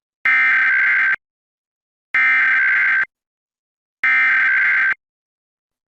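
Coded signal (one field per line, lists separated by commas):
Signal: Emergency Alert System (SAME) tones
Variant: header bursts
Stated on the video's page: National Periodic Test as aired on a television station, recorded by another person.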